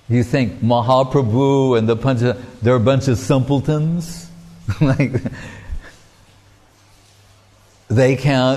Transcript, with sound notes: You think Mahāprabhu and the Pañca-tattva, they're a bunch of simpletons? [chuckling] Like, they can't...